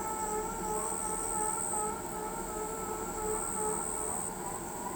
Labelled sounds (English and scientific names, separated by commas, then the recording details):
none
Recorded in pastures near Pivijay, Magdalena, Colombia, on 18 April 2023 at 00:30
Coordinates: 10.456, -74.369
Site P6-G026